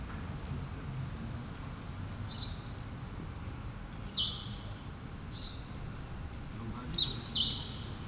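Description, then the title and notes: Sparrow gives a few isolated sharp chirps roughly every second or two, the last as a quick double, against quiet street hum. Several sparrows on Rue Keyenveld, Ixelles, Brussels-Capital, Belgium, a street with cars and people passing by; recorded with Lom Usi Pro microphones into a Zoom F6. "Rue Keyenveld, Ixelles, Bruxelles-Capitale, Belgique - Sparrows - moineaux. cars, people passing by"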